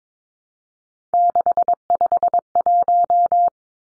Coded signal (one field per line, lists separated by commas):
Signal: Morse code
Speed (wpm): 22 wpm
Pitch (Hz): 700 Hz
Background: none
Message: 651